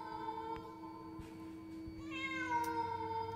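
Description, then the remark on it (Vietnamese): A feral cat lets out a long, drawn-out meow at midnight in a garden, a steady wavering wail that rises in pitch and grows louder toward the end, with no voices. “Đang đi thì bỗng nó nghe một tiếng con mèo hoang, nó kêu ngoao ngoao vọng ở trong vườn.”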